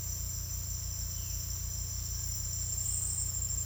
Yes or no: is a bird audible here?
no